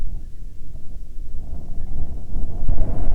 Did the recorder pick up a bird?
no